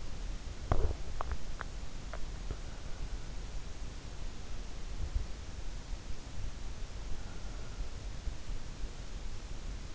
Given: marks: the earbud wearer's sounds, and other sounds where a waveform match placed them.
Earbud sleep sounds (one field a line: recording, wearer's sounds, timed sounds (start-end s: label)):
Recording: sounds in sleep by an in-ear microphone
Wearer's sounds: swallowing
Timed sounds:
0.00-3.57 s: swallowing